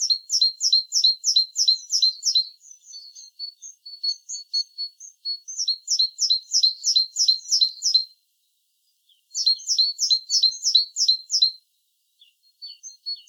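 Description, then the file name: Great tit repeating crisp high two-part notes in three lively bursts, linked by softer, thinner notes, in an otherwise quiet background. "Parus major"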